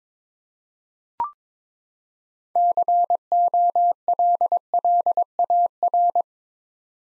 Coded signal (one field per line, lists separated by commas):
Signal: Morse code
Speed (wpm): 22 wpm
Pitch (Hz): 700 Hz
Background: none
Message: COLLAR